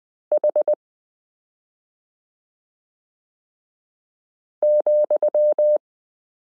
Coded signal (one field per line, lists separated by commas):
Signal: Morse code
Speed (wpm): 20 wpm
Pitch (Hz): 600 Hz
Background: none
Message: H ,